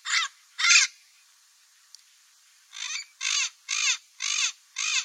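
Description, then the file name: Cape parrot calling with grating, buzzy squawks: two at the start, a pause of about two seconds, then a steady run of five more. "canto do papagaio do cabo"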